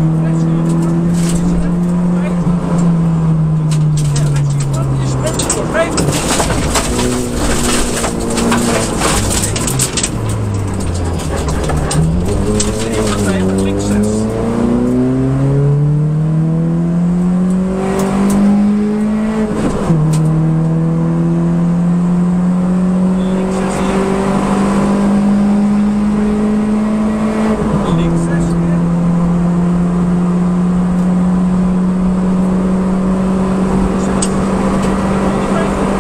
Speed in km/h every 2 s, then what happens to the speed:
108, 95, 74, 69, 53, 34, 44, 63, 83, 95, 107, 119, 128, 134, 141, 148, 153, 158.
0-11 brakes to 34. 11-36 speeds up to 158.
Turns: 8-13.